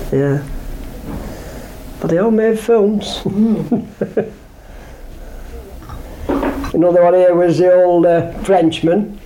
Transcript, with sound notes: Yeah. But they all made films! [laughs]
Mhm.
Another one here was the old eh, Frenchman.